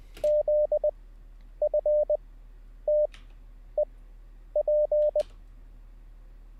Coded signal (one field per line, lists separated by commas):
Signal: Morse code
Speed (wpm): 20 wpm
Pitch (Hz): 600 Hz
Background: none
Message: Z F T E P